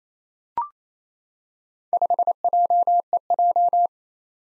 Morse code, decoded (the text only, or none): 5JEJ